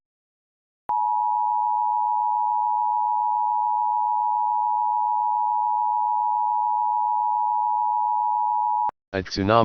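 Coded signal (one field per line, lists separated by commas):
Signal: Emergency Alert System (SAME) tones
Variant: 853 and 960 Hz attention tone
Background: speech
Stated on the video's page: Mock EAS tsunami alert for Nantucket, made in Filmora editing software, not a real broadcast.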